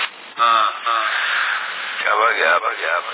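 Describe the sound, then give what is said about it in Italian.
A voice comes over a CB radio in Sassari in February 2010, thin and band-limited with a faint hiss, its words trailing into an echo as the transmission runs for a few seconds. “Con l'eco va bene, la verità.”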